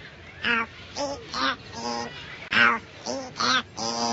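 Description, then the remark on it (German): A parrot talks in a string of about seven short, raspy, voice-like syllables with a squawky, nasal edge, fairly loud and delivered in a quick, uneven rhythm. “Sehen's, jetzt hat er Ihnen den Gefallen getan und hat was geredet.”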